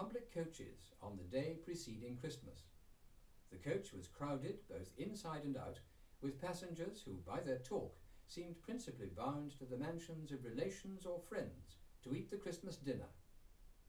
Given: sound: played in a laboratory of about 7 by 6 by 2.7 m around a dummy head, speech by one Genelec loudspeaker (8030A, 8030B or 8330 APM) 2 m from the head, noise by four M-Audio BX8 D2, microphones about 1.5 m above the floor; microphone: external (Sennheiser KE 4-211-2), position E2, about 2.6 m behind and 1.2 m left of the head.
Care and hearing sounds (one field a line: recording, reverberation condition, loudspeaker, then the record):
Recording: male speech in English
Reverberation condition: low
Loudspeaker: 30 degrees to the right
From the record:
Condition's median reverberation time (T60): about 310 ms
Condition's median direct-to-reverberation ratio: about 3.5 dB